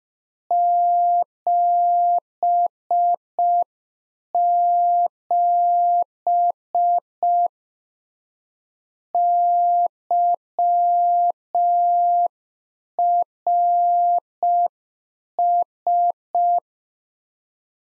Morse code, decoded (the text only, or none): 77 YRS